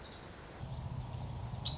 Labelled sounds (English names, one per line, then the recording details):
Orange-crowned Warbler
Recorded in Sonoma County, California